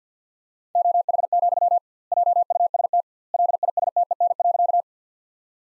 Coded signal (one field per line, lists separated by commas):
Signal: Morse code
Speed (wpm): 50 wpm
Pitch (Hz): 700 Hz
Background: none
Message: OH, JUST LISTEN.